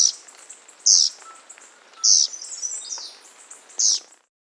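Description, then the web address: Mountain wren singing high, bright chirping phrases, short loud notes recurring every one to two seconds with thinner twittering between them. Andean bird, Andes, South America. "Natures Songs S America Andean Birds. Mountain Wren (Troglodytes Solstitialis)"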